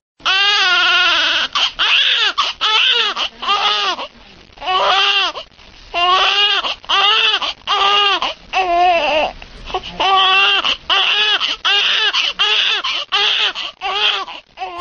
So that the sound of a baby crying.